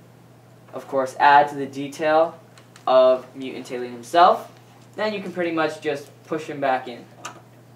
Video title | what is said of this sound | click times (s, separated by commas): Baku Trinity Bakugan Mechtanium Surge Packs 3 Hands On Review | once you hear that click you know he's in place and you know he's ready to go | 7.3 s